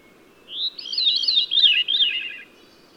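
Bird song opening with a short rising whistle, followed by a rapid warbling phrase of high, twisting notes lasting nearly two seconds, over faint steady hiss.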